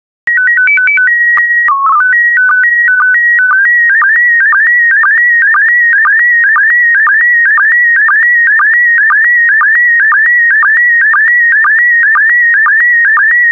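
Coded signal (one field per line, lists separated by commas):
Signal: SSTV (slow-scan television)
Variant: PD 120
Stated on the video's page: PD120-mode SSTV transmissions of still photo images, offered as daily decoding practice.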